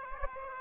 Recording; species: mosquito wingbeat signal from an infrared sensor; Aedes aegypti